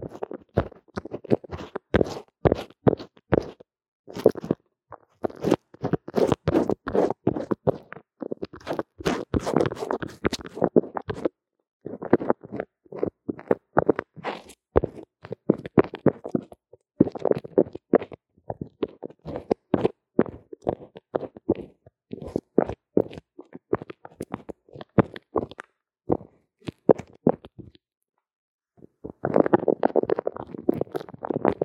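Lo-fi recording of drawing and makeup work: a dense run of short, scratchy strokes and taps, each a quick crackly burst, coming in rapid clusters. Brief pauses fall near 4, 12 and 28 seconds before a thicker flurry of rubbing strokes resumes.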